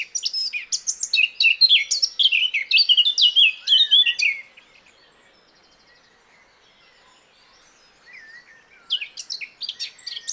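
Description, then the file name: Eurasian blackcap song: a bright, tumbling warble of high chirps and whistles for about four seconds, a quiet pause with faint twitters, then a short renewed burst. "Sylvia atricapilla"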